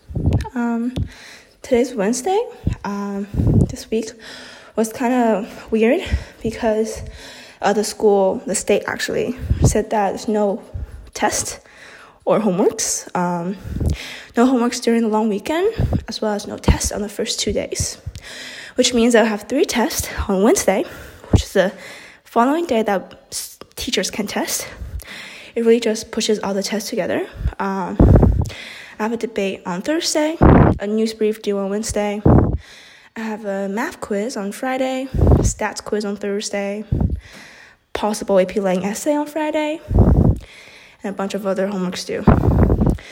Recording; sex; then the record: free speech after running; female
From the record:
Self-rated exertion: vigorous exertion (4 of 6); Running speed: 6 miles an hour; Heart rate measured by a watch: 151 beats a minute at the start, 139 at the end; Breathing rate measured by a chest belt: 14 breaths a minute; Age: 18 years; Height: 171 cm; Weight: 75 kg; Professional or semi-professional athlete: no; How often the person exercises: 1 to 2 times a week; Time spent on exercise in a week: under 1 hour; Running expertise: no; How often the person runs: 1 to 2 times a week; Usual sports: running, fencing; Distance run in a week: 3 km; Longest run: 21.3 km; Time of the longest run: 190 minutes